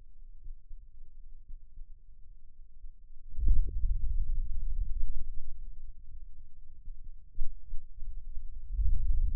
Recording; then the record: forearm muscle sounds (acoustic myography)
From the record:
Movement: hand opening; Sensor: system 2, bracelet of six BSWA MPA416 microphones around the upper forearm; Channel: 1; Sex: male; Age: 22 years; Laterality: right